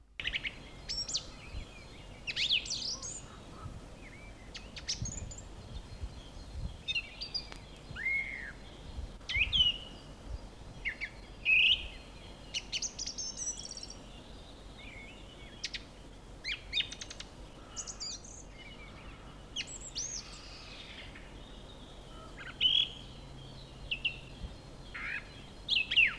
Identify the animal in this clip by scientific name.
Turdus philomelos